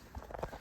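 A plastic tool-less drive bracket is pressed onto the second side of a 3.5-inch hard drive, its pins going into the drive's screw holes, to fit it in the bay of a QNAP TR004 enclosure. After a few light knocks, sharp clicks at 0.3 s and 0.4 s mark the rail clip snapping into place. The drive is seated and secured.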